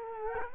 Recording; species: mosquito wingbeat signal from an infrared sensor; Culex quinquefasciatus